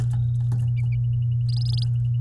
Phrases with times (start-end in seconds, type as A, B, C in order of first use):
1.49-1.84 A